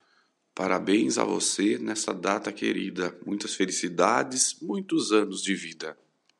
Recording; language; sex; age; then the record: short text; Brazilian Portuguese; male; 40 to 49 years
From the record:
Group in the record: control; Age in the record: 40 years